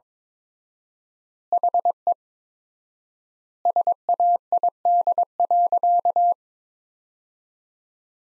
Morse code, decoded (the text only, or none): HE SAID.